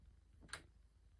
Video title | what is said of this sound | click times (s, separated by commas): How to Use a Sewing Machine for Absolute Beginners: Thread a Machine, Wind a Bobbin & Basic Skills | You can hear a little click there as it sits into place. | 0.5 s